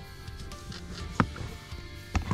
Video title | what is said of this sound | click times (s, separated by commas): TRICKED MY WIFE! We BOOSTED her Jeep without her knowing. | right there and i'll click and you'll feel it lock into place | 1.2 s